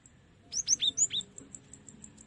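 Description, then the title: Cinereous tit song: a quick phrase of five high, sharply falling whistled notes, followed by a row of soft, evenly spaced high ticks. Masteran (song-tutoring) recording for songbirds. "Masteran Gelatik Batu"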